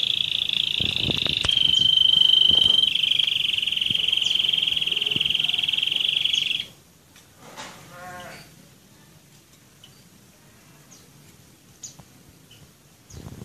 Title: kenari roller